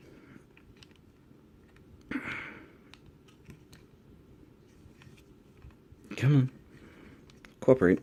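A plastic part of a Power Rangers Legacy Ninja Megazord transforming toy robot is worked by hand into line with the body, giving small scraping and faint plastic contact ticks. Someone talks briefly in between. Nothing has clicked into place yet.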